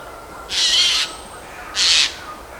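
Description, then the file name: Eurasian jay giving two harsh, rasping screeches about a second apart, the first roughly half a second long and the second shorter, over a quiet background. "Garrulus glandarius"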